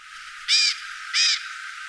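Bird calls: two harsh, rasping notes with a rich harmonic texture, each lasting about a quarter second and spaced roughly half a second apart, over a steady faint hiss.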